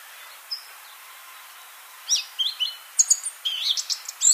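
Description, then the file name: Eurasian blackcap song: after a single short note and a pause, a quick run of sharp, high chirps and rich whistled notes. "Sylvia atricapilla"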